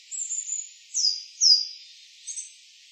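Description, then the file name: Coal tit calls: thin, very high sliding notes, a faint drawn-out one then two sharper descending notes and a brief final chip, over a steady hiss. Hirano, Utsunomiya. "higara utsunomiya hirano"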